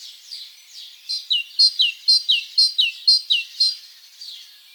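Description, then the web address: Great tit singing a run of several quick two-note phrases, each high note sliding down to a lower one, with soft chirps before and after. "SETE data Parus major"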